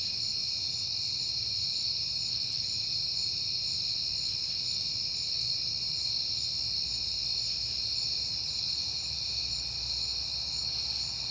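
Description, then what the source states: Crickets keep up a continuous shrill chorus of high trills, with a soft low hum underneath. Crickets recorded on a peaceful night in September.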